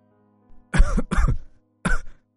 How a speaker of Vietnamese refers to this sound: … ho một tràng liên tục.